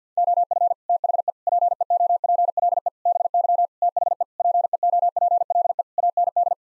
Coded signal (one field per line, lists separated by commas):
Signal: Morse code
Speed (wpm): 50 wpm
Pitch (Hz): 700 Hz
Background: none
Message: OF THE PEOPLE BY THE PEOPLE AND